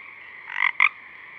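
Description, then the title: Pacific chorus frog giving a single two-part croak, a rising rattle then a short sharp note, over a continuous frog chorus. A few Pacific chorus frogs singing at dusk, recorded through a parabolic reflector. "Pacific Chorus Frogs (Pseudacris regilla), dusk, Parabolic"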